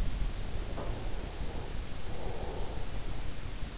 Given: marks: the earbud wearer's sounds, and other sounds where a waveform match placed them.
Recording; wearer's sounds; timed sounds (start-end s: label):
sounds in sleep by an in-ear microphone; breath
0.00-3.60 s: breath